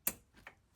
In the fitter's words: That nice little click means it's fully engaged.